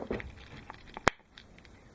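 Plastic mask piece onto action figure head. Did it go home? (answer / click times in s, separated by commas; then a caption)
yes / 1.1 s. A plastic mask is pressed onto an action figure's head after the other head has been removed, with soft crinkling and small handling ticks beforehand. A sharp, loud click sounds at 1.0 s as the mask seats onto the head, followed by a few faint ticks.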